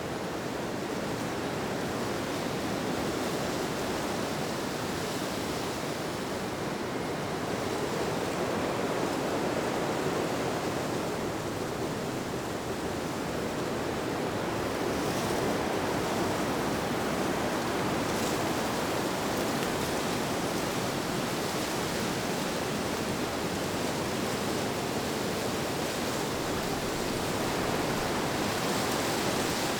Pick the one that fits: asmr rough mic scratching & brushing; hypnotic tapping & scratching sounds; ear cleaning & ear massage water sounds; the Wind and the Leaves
the Wind and the Leaves